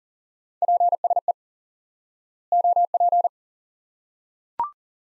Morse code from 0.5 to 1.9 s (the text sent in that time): PSE